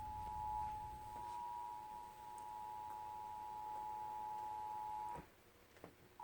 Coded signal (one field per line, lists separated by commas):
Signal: Emergency Alert System (SAME) tones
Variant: 853 and 960 Hz attention tone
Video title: EAS #326-327: Required Monthly Test